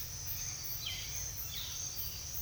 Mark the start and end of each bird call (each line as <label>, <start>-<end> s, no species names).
bird call, 0.81-1.78 s